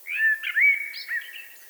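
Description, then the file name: Eurasian blackbird warbling a short rich fluty phrase, smooth sliding whistles with a soft twittery edge. "Turdus merula"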